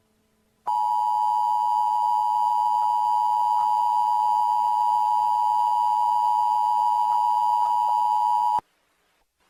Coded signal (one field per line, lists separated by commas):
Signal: Emergency Alert System (SAME) tones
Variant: 853 and 960 Hz attention tone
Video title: Jerry EAS scenario Part 2 "Dimension hopping"